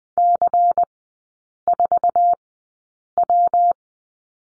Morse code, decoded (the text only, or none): C4W